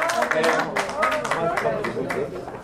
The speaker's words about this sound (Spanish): Ok, muy bien. Un aplauso fuerte.